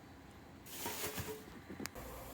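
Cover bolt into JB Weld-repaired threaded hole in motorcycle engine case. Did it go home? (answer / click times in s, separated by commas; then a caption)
no / 1.9 s. A cover bolt is tightened into a threaded hole in a motorcycle engine case that was repaired with JB Weld. Steady background hiss and faint handling noises lead to a sharp crack at 1.9 s. The repaired thread gives way at low torque, and the bolt strips out.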